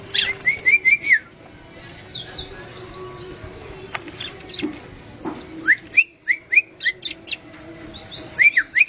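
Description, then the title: Bar-winged prinia song: bursts of high chirps and short rising whistled notes in quick series, separated by quieter pauses, with a faint low hum underneath. "Suara Burung Ciblek"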